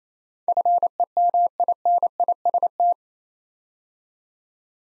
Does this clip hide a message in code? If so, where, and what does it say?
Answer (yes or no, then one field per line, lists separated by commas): yes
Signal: Morse code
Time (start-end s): 0.5-2.9 s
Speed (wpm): 29 wpm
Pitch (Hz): 700 Hz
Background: none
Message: FEMINIST